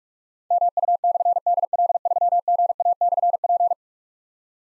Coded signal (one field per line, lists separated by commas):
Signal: Morse code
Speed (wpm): 44 wpm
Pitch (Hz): 700 Hz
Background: none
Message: MU/DL3GA/P